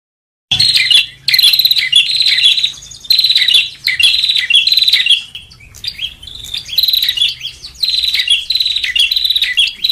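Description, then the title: Lovebird chatter starting abruptly after a brief silence: dense, shrill trilled bursts, nearly continuous at first, easing into softer squeaks midway, then intense again. Lure recording for trapping lovebirds. "PIKAT BURUNG LOVEBIRD"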